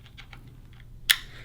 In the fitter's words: you really want to make sure you hear that click that it'll stay in there so